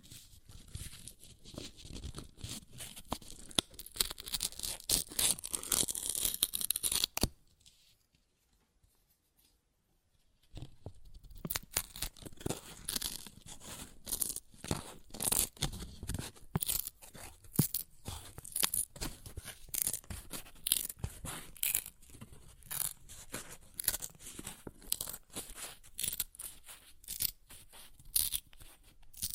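Paper is ripped and torn in dense, scratchy bursts of crackling strips, pausing to near silence around seven to ten seconds before resuming.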